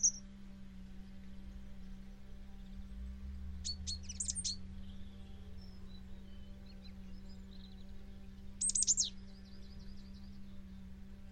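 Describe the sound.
Bird calls: two short bursts of high, sharp chirps, one near the middle and one near the end, over a steady low hum and soft background noise.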